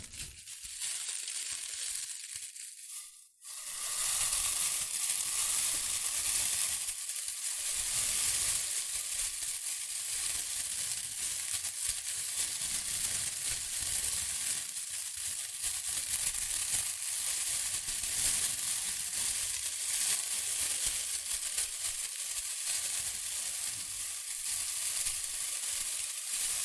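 Shredded tissue and packing peanuts are rustled and crinkled in a dense, continuous crackle, bright and hissy with little low end. A brief quiet gap comes around three seconds in, then the handling resumes and stays steady, with small surges and dips throughout.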